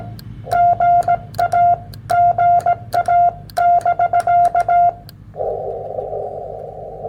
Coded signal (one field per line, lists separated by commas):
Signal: Morse code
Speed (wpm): 17 wpm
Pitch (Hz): 700 Hz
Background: none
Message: GA GA <BK>